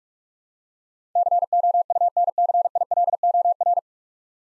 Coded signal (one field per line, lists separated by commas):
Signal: Morse code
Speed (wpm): 43 wpm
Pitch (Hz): 700 Hz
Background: none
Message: COUNCILOR